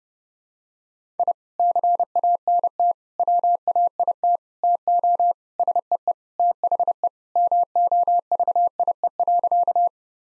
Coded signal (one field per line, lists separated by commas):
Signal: Morse code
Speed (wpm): 32 wpm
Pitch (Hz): 700 Hz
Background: none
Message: I CANT WAIT TO SEE THE MOVIE.